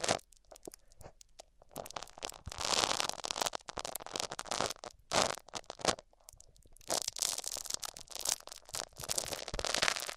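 Microphones are rubbed across various surfaces, producing bursts of scratchy, crackling friction noise with sharp clicks. The rubbing comes in uneven strokes, sparse early on, then dense and bright from about two to five seconds and again from seven seconds to the end.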